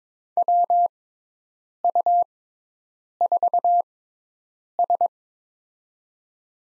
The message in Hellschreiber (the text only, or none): none